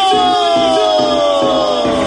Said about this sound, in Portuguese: E quem tá feliz dá um grito.